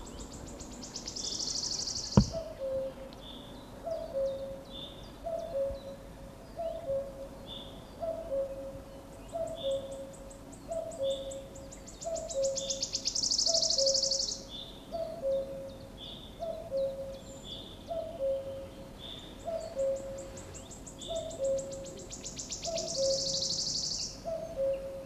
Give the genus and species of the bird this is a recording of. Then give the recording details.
Cuculus canorus. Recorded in the wild. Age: adult. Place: Villach, Kärnten, AT. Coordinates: 46.591, 13.824. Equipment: Uher 4100 Report-V. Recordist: Brunner, Thomas. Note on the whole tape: Napoleonswiese. Gesang